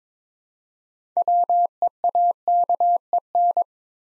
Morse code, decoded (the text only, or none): WEAKEN